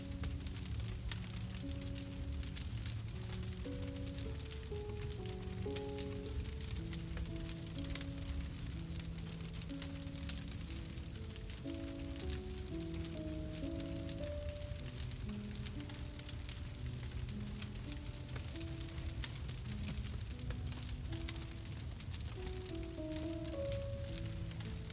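A fireplace crackles softly and steadily throughout, its dense, fine pops sounding close and bright, with a low rumble underneath. Relaxing music plays alongside, slow, gentle mid-range notes that hold and overlap without any clear beat, at an even level the whole time.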